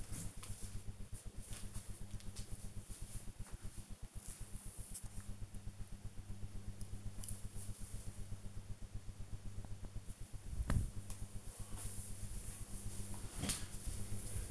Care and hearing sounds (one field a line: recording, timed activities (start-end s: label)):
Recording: household activities, microphone on the right wrist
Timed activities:
none